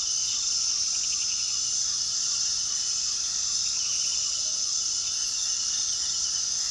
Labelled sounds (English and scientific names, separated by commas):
none